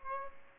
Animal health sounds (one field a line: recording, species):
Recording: mosquito wingbeat signal from an infrared sensor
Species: Aedes aegypti